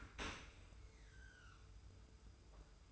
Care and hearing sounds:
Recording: daily activity, microphone in the room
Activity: open dishwasher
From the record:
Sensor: 2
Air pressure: 991.2 hPa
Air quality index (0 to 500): 143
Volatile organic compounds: 296 ppm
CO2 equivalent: 4472 ppm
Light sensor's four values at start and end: 40/116/46/44 and 40/116/46/44

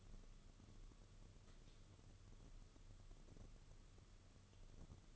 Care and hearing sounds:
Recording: daily activity, microphone in the room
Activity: light on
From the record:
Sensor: 4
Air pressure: 995.3 hPa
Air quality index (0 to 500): 211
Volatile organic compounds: 226 ppm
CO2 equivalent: 4293 ppm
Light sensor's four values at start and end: 8/19/8/9 and 8/20/8/9

